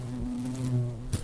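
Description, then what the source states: Bumblebee wing buzz, a steady low droning hum held for about a second before a brief clatter at the end. Big, fat female worker bumblebee with a pollen basket, gathering pollen to take back to an underground colony; Lower Skunk Canyon, west of Boulder, August 2014.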